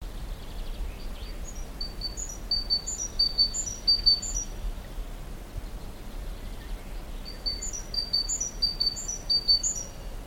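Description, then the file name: Great tit uttering rapid series of high, thin notes in two bursts, separated by a pause, against constant hissing background noise. "Parus major"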